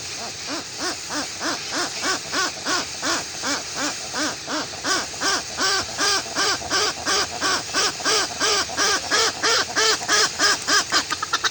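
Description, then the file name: Westland petrel song of arched cackling notes, first evenly paced, then quickening into a rapid chattering burst near the end. "westland black petrel song"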